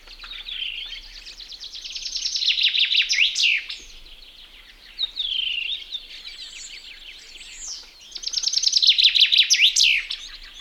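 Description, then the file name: Common chaffinch gives two full songs about six seconds apart, each a quickening run of chipping notes falling in pitch and closing with a flourish, over soft background birdsong. "metsvint"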